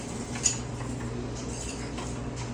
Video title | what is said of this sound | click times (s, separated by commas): Training Video for Electro Freeze | Slide right in, turn, locks in place. | 0.5 s